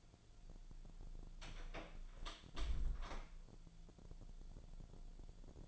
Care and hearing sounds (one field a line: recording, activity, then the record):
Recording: daily activity, microphone in the room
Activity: close door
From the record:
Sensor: 5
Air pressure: 1000.6 hPa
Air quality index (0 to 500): 156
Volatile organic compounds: 2 ppm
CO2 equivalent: 1206 ppm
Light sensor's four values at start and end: 48/112/47/50 and 48/113/47/50